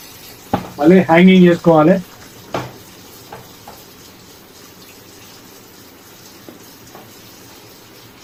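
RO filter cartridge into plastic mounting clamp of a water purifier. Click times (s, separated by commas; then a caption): 0.5 s. A plastic RO filter cartridge for a water purifier is pressed into its plastic mounting clamp and seats with a single sharp click at 0.5 s. Someone talks briefly, then a few quieter knocks follow around 2.5 s and 3.3 s.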